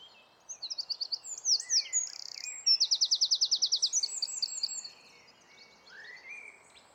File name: Troglodytes troglodytes